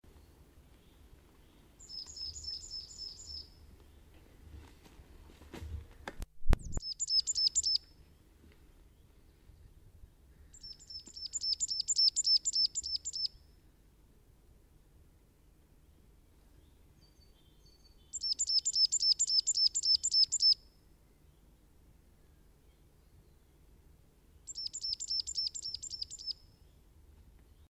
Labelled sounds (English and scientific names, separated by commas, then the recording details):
Coal Tit (Periparus ater) song, Great Tit (Parus major)
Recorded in the wild
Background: Parus major
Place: Kaiserslautern, Rheinland-Pfalz, DE
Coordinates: 49.26, 7.45
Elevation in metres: 260
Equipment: Nagra IV, Sennheiser MKH 405, Parabolreflektor
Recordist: Tretzel, Erwin
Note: Keine genauen Ortsangaben. Tannenmeise Gesang